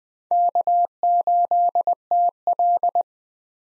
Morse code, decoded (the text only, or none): K8TL